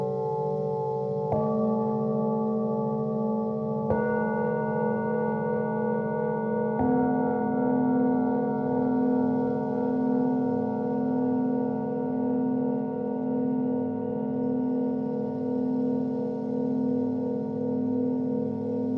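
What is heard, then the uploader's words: Singing bowls are struck three times in quick succession near the start, at about one, four and seven seconds, each adding a new tone to the sound. The layered low and mid tones then ring on steadily for the rest of the clip, slowly wavering and pulsing as they sustain. Singing Bowl Sound Therapy.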